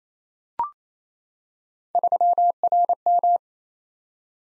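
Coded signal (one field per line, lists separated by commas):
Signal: Morse code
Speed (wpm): 27 wpm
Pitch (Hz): 700 Hz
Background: none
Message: 3RM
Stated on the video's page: Morse head-copy drill of random three-character letter-number combinations at 28 wpm, each sent, spoken, then sent again.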